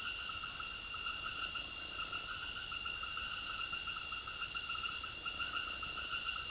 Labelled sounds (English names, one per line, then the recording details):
none
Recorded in secondary vegetation near Puerto Asís, Putumayo, Colombia, on 23 June 2025 at 18:30
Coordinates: 0.500, -76.326
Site GP08